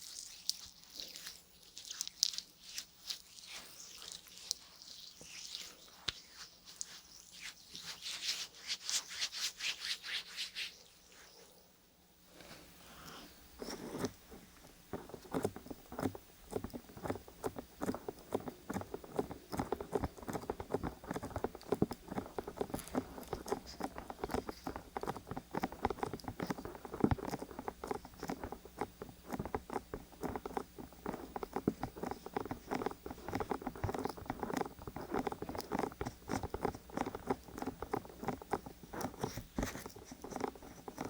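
Ear massage sounds with no voice. For the first ten seconds there's a bright, airy swishing over a faint low hum. After a brief near-silent pause, a dense, steady patter of rapid wet rubbing and clicks runs to the end.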